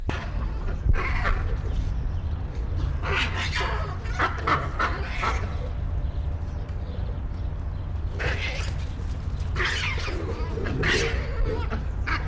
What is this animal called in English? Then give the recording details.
Hamadryas Baboon. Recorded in captivity. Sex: male. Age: adult. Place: Zoo Berlin, Berlin, DE. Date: 1994-03-05 13:11. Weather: heiter, 4°C, Windböen. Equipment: Marantz CP 430, Sennheiser ME 80, Kopie Uher Variocord 263. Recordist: Tembrock, Günter. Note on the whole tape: Periphere Männchen agonistisch